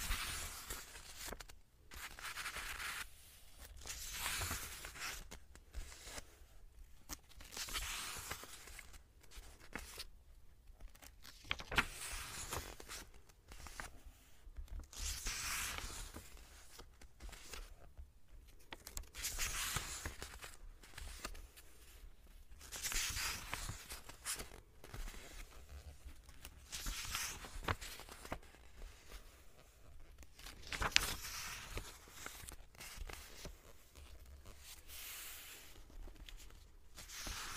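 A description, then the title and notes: Pages are turned one after another, each a bright, papery swish or rustle lasting about a second, with brief quiet gaps between. The turns come fairly regularly, roughly every one to two seconds, with a faint low hum underneath. ASMR | Page Turning. (no talking).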